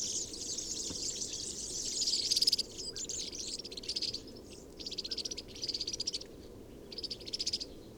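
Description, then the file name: European serin singing a very high, buzzy jingle, first continuous, then broken into short separate phrases. Recorded 22 January 2017 at Binsham. "Girlitz. Binsham. Susanne Rieck"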